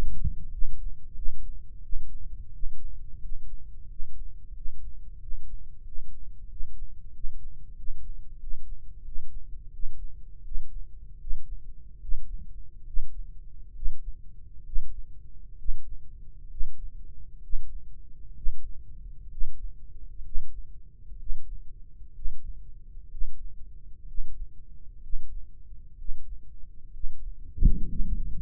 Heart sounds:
heart sounds by microphone in the right ear; 75 bpm
0.49 s: heartbeat
1.13 s: heartbeat
1.79 s: heartbeat
2.49 s: heartbeat
3.17 s: heartbeat
3.85 s: heartbeat
4.51 s: heartbeat
5.17 s: heartbeat
5.81 s: heartbeat
6.46 s: heartbeat
7.10 s: heartbeat
7.74 s: heartbeat
8.37 s: heartbeat
9.02 s: heartbeat
9.70 s: heartbeat
10.42 s: heartbeat
11.18 s: heartbeat
11.99 s: heartbeat
12.84 s: heartbeat
13.73 s: heartbeat
14.64 s: heartbeat
15.57 s: heartbeat
16.48 s: heartbeat
17.41 s: heartbeat
18.34 s: heartbeat
19.29 s: heartbeat
20.23 s: heartbeat
21.17 s: heartbeat
22.13 s: heartbeat
23.09 s: heartbeat
24.05 s: heartbeat
25.00 s: heartbeat
25.96 s: heartbeat
26.91 s: heartbeat
27.85 s: heartbeat
From the record:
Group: healthy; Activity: breath hold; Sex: male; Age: 20 years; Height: 187 cm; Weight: 68.9 kg

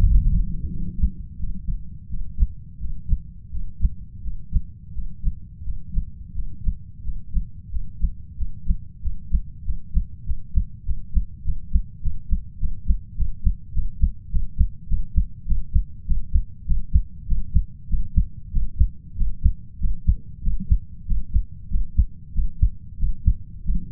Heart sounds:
heart sounds by stethoscope; 94 bpm
0.01 s: heartbeat
0.68 s: heartbeat
1.38 s: heartbeat
2.08 s: heartbeat
2.78 s: heartbeat
3.50 s: heartbeat
4.21 s: heartbeat
4.92 s: heartbeat
5.62 s: heartbeat
6.33 s: heartbeat
7.02 s: heartbeat
7.69 s: heartbeat
8.35 s: heartbeat
9.00 s: heartbeat
9.63 s: heartbeat
10.24 s: heartbeat
10.83 s: heartbeat
11.42 s: heartbeat
12.00 s: heartbeat
12.58 s: heartbeat
13.15 s: heartbeat
13.72 s: heartbeat
14.30 s: heartbeat
14.87 s: heartbeat
15.45 s: heartbeat
16.05 s: heartbeat
16.65 s: heartbeat
17.26 s: heartbeat
17.88 s: heartbeat
18.51 s: heartbeat
19.16 s: heartbeat
19.79 s: heartbeat
20.42 s: heartbeat
21.06 s: heartbeat
21.69 s: heartbeat
22.33 s: heartbeat
22.97 s: heartbeat
23.64 s: heartbeat
From the record:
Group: healthy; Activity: breath hold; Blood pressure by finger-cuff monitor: 97/72 mmHg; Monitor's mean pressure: 80 mmHg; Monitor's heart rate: 95 bpm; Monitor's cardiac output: 6.9 L/min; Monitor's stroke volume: 71 mL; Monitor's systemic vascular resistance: 810 dyn s/cm5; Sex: male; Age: 33 years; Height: 179 cm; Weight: 80.4 kg

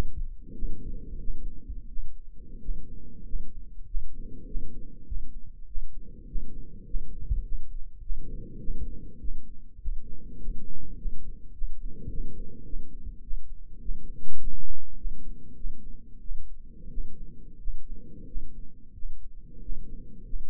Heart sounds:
heart sounds by microphone in the right ear; 97 bpm
0.54 s: heartbeat
1.19 s: heartbeat
1.89 s: heartbeat
2.60 s: heartbeat
3.25 s: heartbeat
3.86 s: heartbeat
4.46 s: heartbeat
5.06 s: heartbeat
5.67 s: heartbeat
6.27 s: heartbeat
6.85 s: heartbeat
7.44 s: heartbeat
8.01 s: heartbeat
8.59 s: heartbeat
9.19 s: heartbeat
9.80 s: heartbeat
10.39 s: heartbeat
10.97 s: heartbeat
11.53 s: heartbeat
12.09 s: heartbeat
12.65 s: heartbeat
13.22 s: heartbeat
13.80 s: heartbeat
14.38 s: heartbeat
14.96 s: heartbeat
15.55 s: heartbeat
16.20 s: heartbeat
16.89 s: heartbeat
17.59 s: heartbeat
18.26 s: heartbeat
18.94 s: heartbeat
19.61 s: heartbeat
20.25 s: heartbeat
From the record:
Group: healthy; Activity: rest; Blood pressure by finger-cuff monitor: 136/69 mmHg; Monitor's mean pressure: 88 mmHg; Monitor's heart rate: 94 bpm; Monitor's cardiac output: 10.3 L/min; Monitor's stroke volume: 106 mL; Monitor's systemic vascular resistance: 630 dyn s/cm5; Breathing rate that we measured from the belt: 17 breaths a minute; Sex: male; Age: 24 years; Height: 184 cm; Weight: 89 kg

